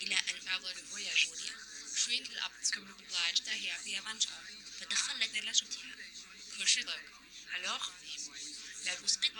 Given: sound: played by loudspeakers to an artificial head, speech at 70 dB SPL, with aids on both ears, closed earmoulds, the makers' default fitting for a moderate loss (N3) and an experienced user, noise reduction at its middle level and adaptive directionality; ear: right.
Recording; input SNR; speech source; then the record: speech test signal (ISTS) in cocktail-party noise; 0 dB; on the right (90 degrees)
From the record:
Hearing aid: class 1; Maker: J